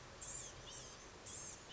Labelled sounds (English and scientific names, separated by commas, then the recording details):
Blue-gray Gnatcatcher (Polioptila caerulea)
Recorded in Sonoma County, California